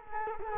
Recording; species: mosquito wingbeat signal from an infrared sensor; Culex quinquefasciatus